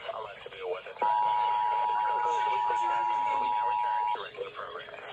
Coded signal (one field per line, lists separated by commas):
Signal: Emergency Alert System (SAME) tones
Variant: 853 and 960 Hz attention tone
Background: speech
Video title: More Insanity + Weeklies & Monthlies - EAS Alerts From 9/19/23 - 9/21/23 (EAS #936-960)